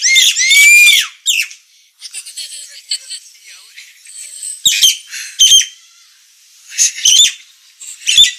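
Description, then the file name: Nias hill myna in a varied noisy song: a loud whistled, wavering phrase opens, followed by scratchy chatter and sharp harsh notes in clusters. Described as a persistently singing (gacor), noisy (berisik) Nias myna. "Kicau Jalak Nias Gacor Suara Berisik"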